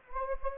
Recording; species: mosquito wingbeat signal from an infrared sensor; Anopheles gambiae